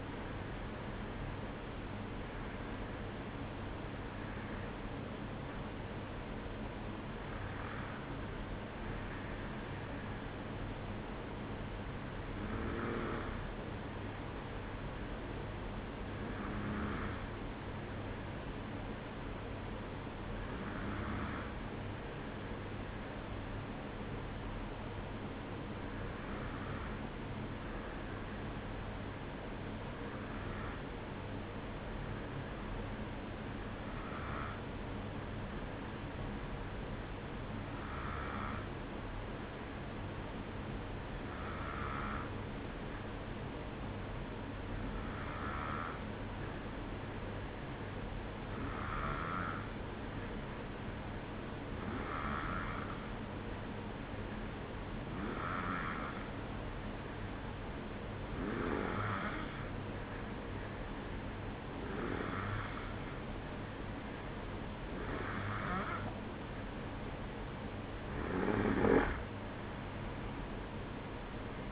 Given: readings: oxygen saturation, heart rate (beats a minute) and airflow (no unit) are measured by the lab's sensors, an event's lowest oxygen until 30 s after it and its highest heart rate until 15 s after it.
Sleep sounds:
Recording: breathing in sleep by a voice recorder at the bedside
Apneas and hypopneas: 1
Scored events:
21.00-63.00 s: hypopnea (N1, oxygen 95% highest, then 92% lowest, heart rate 53 at the start, 59 highest)
From the record:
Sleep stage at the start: N1 (lightest sleep)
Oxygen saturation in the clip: 92 to 95%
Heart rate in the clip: 53 to 59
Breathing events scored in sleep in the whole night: 305 in 9.6 hours asleep

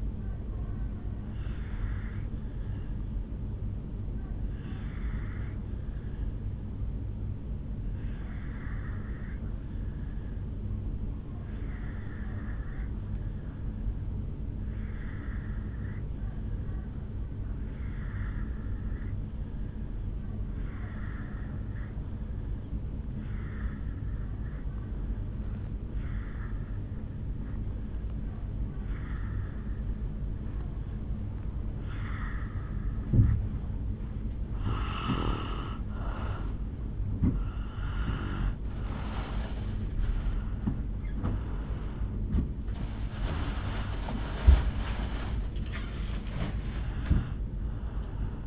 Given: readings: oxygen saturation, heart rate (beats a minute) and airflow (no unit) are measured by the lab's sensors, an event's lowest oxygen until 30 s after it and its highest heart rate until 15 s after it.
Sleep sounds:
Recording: breathing in sleep by a smartphone at the bedside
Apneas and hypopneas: 1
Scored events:
10.00-36.20 s: obstructive apnea (N1, oxygen 96% highest, then 82% lowest, heart rate 53 at the start, 72 highest)
16.00-46.00 s: new sleep stage, N2 (light sleep)
46.00-48.46 s: new sleep stage, N1 (lightest sleep)
From the record:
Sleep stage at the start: N1 (lightest sleep)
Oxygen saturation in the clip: 81 to 96%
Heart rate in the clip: 53 to 72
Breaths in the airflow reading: 7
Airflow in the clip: -6.8 to 4.6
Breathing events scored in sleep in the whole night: 449 in 7.0 hours asleep

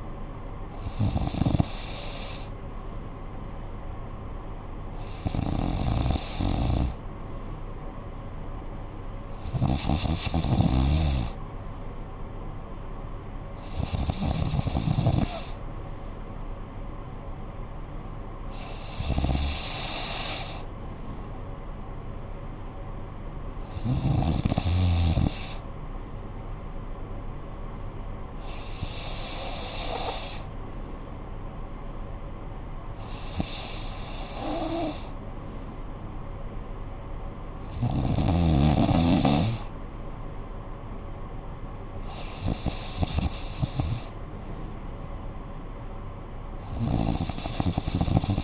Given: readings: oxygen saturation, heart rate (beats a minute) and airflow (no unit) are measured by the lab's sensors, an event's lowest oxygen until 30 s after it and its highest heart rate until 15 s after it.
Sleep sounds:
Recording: breathing in sleep by a smartphone at the bedside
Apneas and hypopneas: none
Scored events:
none scored
From the record:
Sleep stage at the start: N3 (deep sleep)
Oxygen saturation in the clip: 94%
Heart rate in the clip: 55 to 61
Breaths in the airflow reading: 11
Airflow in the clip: -8.5 to 5.5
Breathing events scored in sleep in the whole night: 445 in 7.6 hours asleep

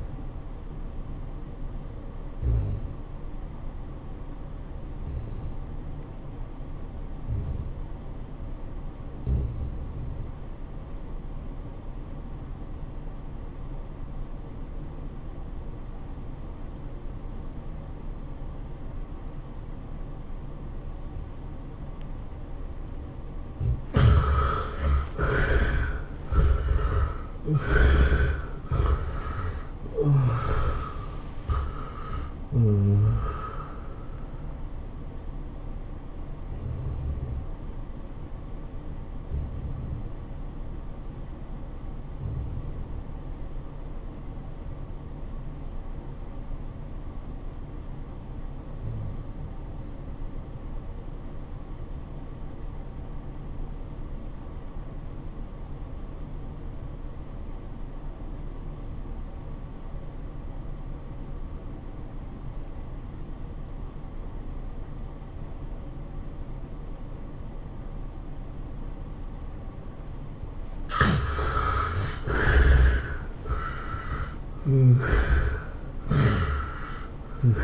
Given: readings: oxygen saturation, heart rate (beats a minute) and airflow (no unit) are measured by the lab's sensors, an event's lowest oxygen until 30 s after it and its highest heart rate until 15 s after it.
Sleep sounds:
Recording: breathing in sleep by a smartphone at the bedside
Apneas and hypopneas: 2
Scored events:
4.00-25.10 s: obstructive apnea (REM, oxygen 96% highest, then 70% lowest, heart rate 104 at the start, 114 highest)
39.00-70.80 s: obstructive apnea (REM, oxygen 97% highest, then 66% lowest, heart rate 103 at the start, 114 highest)
From the record:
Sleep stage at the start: REM sleep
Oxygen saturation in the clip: 70 to 97%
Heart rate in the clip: 80 to 114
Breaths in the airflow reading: 7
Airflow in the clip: -18.8 to 10.8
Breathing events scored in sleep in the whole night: 403 in 5.5 hours asleep

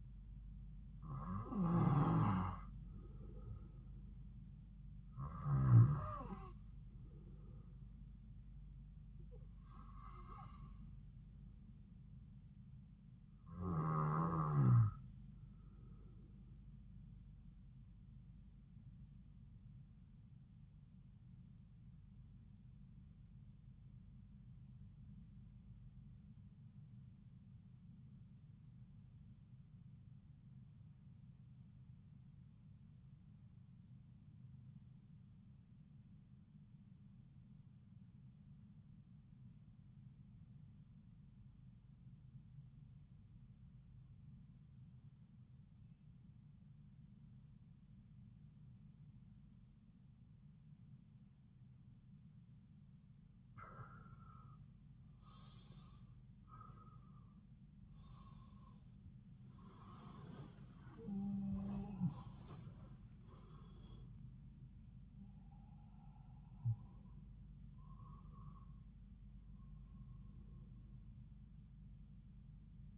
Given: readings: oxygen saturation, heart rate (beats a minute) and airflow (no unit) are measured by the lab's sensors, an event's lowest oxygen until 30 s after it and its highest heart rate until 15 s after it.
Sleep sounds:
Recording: breathing in sleep by a smartphone at the bedside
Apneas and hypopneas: 1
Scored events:
25.00-54.70 s: obstructive apnea (REM, oxygen 94% highest, then 82% lowest)
From the record:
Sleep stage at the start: REM sleep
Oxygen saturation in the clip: 83 to 95%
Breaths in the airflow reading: 9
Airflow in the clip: -9.8 to 10.8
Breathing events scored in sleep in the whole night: 270 in 6.1 hours asleep

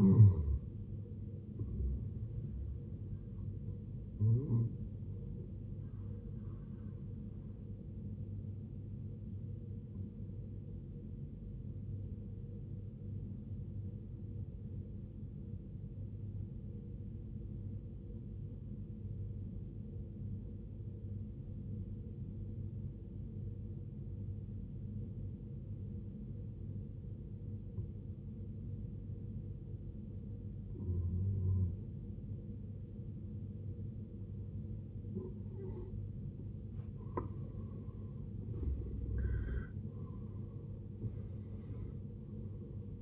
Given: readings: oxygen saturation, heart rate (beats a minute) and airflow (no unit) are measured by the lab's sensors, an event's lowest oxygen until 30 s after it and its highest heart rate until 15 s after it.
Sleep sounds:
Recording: breathing in sleep by a smartphone at the bedside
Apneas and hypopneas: 1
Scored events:
13.00-36.80 s: obstructive apnea (N2, oxygen 95% highest, then 74% lowest, heart rate 66 at the start, 76 highest)
36.00-43.02 s: new sleep stage, N1 (lightest sleep)
From the record:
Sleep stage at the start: N2 (light sleep)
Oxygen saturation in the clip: 78 to 95%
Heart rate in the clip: 58 to 73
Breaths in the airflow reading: 4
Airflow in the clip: -15.3 to 15.3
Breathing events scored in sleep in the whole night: 389 in 6.3 hours asleep

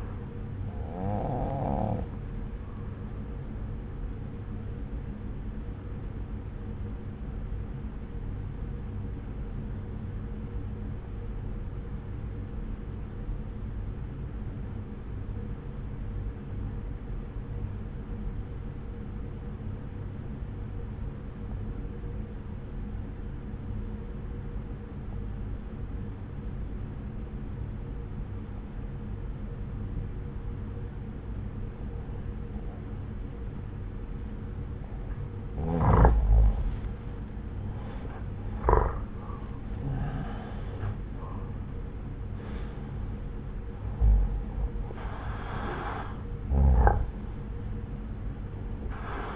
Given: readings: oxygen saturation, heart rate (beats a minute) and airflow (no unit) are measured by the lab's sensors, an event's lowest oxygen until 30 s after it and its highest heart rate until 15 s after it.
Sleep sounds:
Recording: breathing in sleep by a smartphone at the bedside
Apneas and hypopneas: 1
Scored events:
6.00-37.40 s: obstructive apnea (N1, oxygen 95% highest, then 84% lowest)
From the record:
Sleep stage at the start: N1 (lightest sleep)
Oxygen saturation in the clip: 88 to 95%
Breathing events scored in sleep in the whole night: 303 in 8.1 hours asleep

